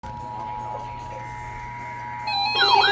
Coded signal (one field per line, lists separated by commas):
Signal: Emergency Alert System (SAME) tones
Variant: 853 and 960 Hz attention tone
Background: speech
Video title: Severe Thunderstorm Warning Station WXL-50 EAS #4273